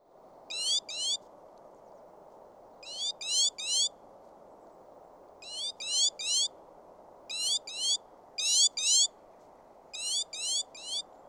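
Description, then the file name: Great tit calls: short paired and tripled bursts of high, steeply rising notes, repeated every couple of seconds over a steady low background hum. "Parus major"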